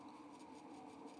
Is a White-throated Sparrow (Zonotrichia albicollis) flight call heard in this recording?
no